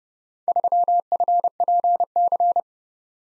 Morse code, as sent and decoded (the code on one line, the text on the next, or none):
...-- ..-. .--. -.-.
3FPC